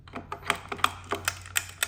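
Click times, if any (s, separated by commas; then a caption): none. A distributor shaft is lined up and worked down into the block of a Chevy 235 engine, but its slot does not engage the oil pump drive shaft. A series of sharp metallic knocks sounds at about 0.5, 0.8, 1.1, 1.3, 1.6 and 1.8 s as the metal housing hits the intake. Nothing has seated or clicked yet; the distributor is not seated.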